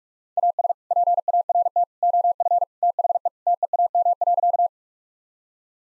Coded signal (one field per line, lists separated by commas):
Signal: Morse code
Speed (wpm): 46 wpm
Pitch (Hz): 700 Hz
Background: none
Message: AS PART OF THE TEAM.